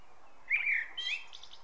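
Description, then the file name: Common blackbird: one brief phrase with a mellow whistle sliding into a higher, thin squeaky ending. "Turdus merula"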